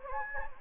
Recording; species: mosquito wingbeat signal from an infrared sensor; Anopheles gambiae